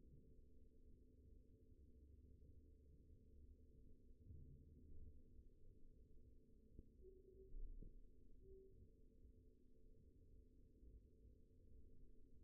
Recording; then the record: forearm muscle sounds (acoustic myography)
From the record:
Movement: pen grasping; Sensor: system 2, bracelet of six BSWA MPA416 microphones around the upper forearm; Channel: 6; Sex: male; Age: 22 years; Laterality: right